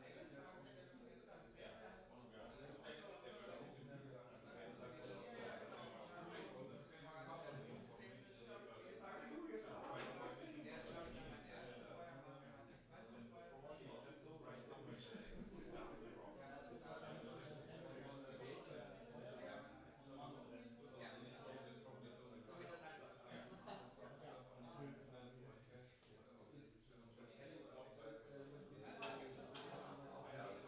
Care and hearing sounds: everyday scene through a hearing-aid microphone; many people talking; many voices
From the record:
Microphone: in the ear canal, left

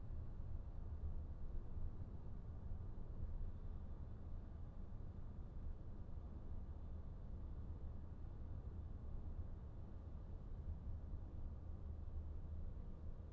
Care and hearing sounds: everyday scene through a hearing-aid microphone; in a vehicle; engine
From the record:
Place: VW T5 Caravelle, diesel engine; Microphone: behind the ear, right, rear

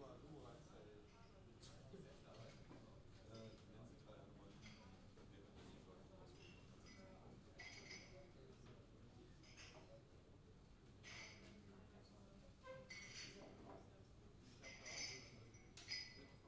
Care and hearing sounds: everyday scene through a hearing-aid microphone; many people talking; many voices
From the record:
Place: university cafeteria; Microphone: in the ear canal, left

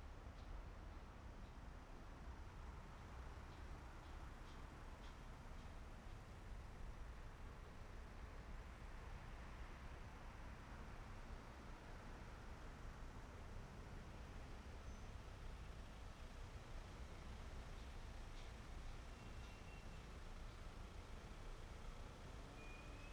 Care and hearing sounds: everyday scene through a hearing-aid microphone; in traffic; traffic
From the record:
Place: main city hub, rush hour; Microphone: behind the ear, left, rear

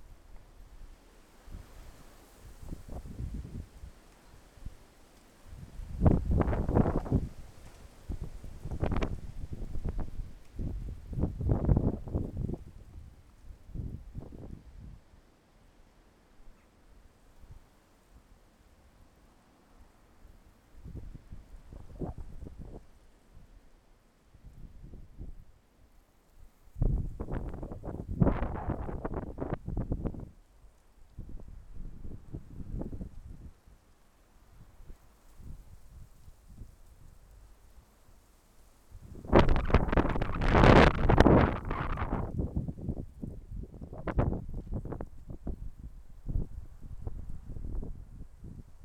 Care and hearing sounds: everyday scene through a hearing-aid microphone; wind on the microphone; wind, traffic, birds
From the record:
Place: suburban garden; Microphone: behind the ear, left, front

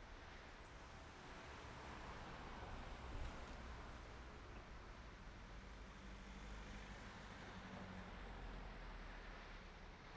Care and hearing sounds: everyday scene through a hearing-aid microphone; in traffic; traffic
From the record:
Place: main road on the outskirts, rush hour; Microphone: behind the ear, right, rear

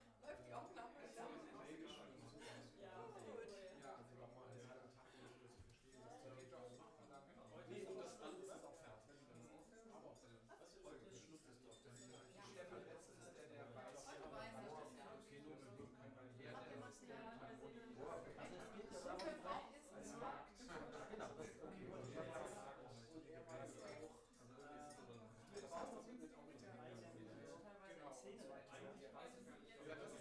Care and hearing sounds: everyday scene through a hearing-aid microphone; many people talking; many voices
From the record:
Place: bistro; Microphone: behind the ear, left, front

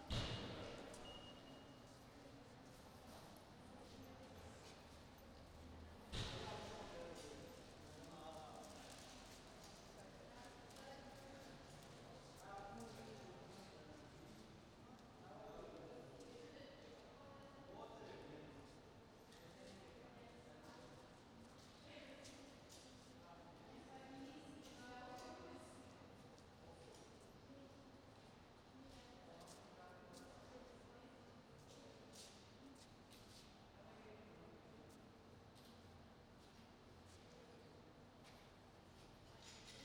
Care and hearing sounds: everyday scene through a hearing-aid microphone; reverberant space; background noise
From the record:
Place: railway station hall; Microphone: in the ear canal, right

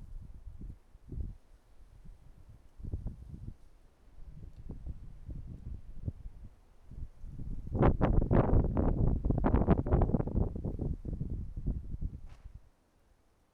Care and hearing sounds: everyday scene through a hearing-aid microphone; wind on the microphone; wind, traffic, birds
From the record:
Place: suburban garden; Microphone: behind the ear, right, rear

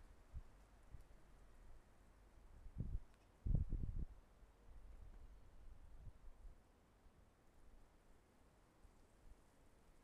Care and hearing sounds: everyday scene through a hearing-aid microphone; wind on the microphone; wind, traffic, birds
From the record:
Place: suburban garden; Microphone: behind the ear, left, rear

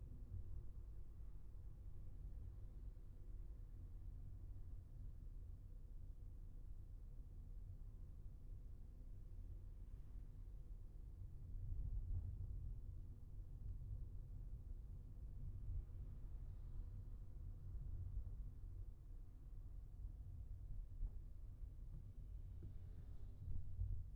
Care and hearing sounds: everyday scene through a hearing-aid microphone; in a vehicle; engine, traffic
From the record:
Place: Skoda Fabia, gasoline engine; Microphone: behind the ear, left, front

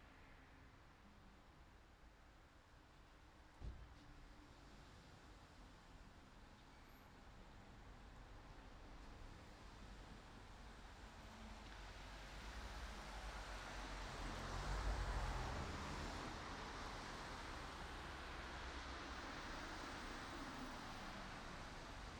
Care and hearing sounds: everyday scene through a hearing-aid microphone; in traffic; traffic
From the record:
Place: city secondary road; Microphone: in the ear canal, right

